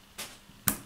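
The device-specific plug of a PC interface cable is pushed into the socket of an MD-01 24-hour blood pressure monitor recorder until it clicks. A soft broadband rustle near 0.2 s precedes a sharp click at 0.7 s. The plug is seated.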